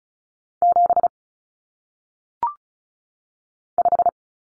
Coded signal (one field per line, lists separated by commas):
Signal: Morse code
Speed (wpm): 36 wpm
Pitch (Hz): 700 Hz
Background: none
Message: 7 5